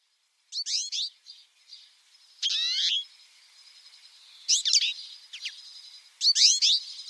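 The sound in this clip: Bird gives four trilling, chirpy phrases of fast sweeping notes, roughly two seconds apart, with faint softer notes and a light thin hum between them.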